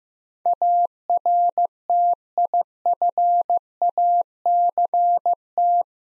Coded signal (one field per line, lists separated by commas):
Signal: Morse code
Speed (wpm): 15 wpm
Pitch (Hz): 700 Hz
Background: none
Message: ARTIFACT